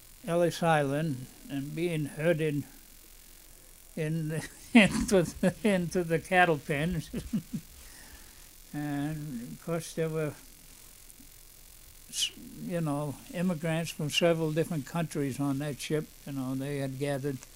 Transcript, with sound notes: Ellis Island and being herded into the cattle pens.. (He laughs.) And, of course, there were, you know, immigrants from several different countries on that ship, you know, they had gathered.